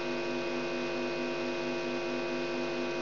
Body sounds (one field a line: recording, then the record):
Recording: brain microelectrode recording played as sound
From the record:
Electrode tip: outside the subthalamic nucleus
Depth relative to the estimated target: -8 mm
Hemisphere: left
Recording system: AlphaMap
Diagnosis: Parkinson's disease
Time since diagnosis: 17 years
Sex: female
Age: 63 years